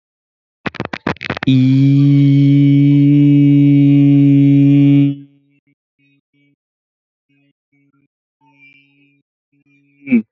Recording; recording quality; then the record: sustained vowel as in beet; excellent, no background noise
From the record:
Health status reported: healthy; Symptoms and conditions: hypertension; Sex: male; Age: 27 years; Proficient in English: yes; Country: India